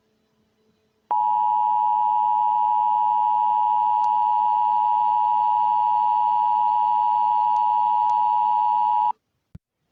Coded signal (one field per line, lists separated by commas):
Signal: Emergency Alert System (SAME) tones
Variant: 853 and 960 Hz attention tone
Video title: The Hawaii wedge An EAS Scenario part 1